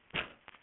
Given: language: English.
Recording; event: throat vibration sensor signal played as sound; cough